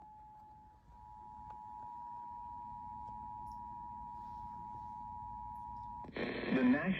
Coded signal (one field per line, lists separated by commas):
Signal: Emergency Alert System (SAME) tones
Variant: 853 and 960 Hz attention tone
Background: speech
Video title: EAS #2,561: Severe Thunderstorm Warning on KZEN-FM (8/15/25)